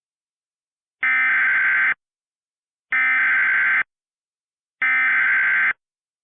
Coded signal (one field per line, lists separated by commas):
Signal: Emergency Alert System (SAME) tones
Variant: header bursts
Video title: *VALID TONES* Hurricane Ida EAS Compilation (EAS Remakes)